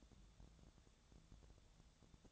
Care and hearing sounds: daily activity, microphone in the room; take from stove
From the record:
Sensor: 3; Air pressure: 1000.0 hPa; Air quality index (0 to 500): 127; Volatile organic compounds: 2 ppm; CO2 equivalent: 1135 ppm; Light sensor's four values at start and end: 42/105/45/50 and 42/105/45/50

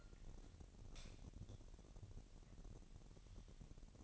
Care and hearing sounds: daily activity, microphone in the room; light on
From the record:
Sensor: 4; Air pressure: 1012.7 hPa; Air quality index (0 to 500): 246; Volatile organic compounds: 4 ppm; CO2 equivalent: 1674 ppm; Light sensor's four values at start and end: 14/32/13/13 and 16/42/16/17

